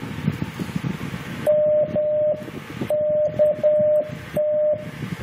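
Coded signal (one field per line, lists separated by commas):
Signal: Morse code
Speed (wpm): 10 wpm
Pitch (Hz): 600 Hz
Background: radio noise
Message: MKT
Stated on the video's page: CW CQ contact.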